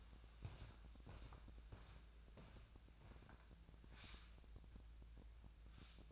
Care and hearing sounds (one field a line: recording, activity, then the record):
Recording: daily activity, microphone in the room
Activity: walk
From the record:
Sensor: 2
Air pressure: 1012.0 hPa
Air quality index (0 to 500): 172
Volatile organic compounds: 2 ppm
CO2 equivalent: 1260 ppm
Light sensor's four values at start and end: 43/114/48/54 and 44/117/49/55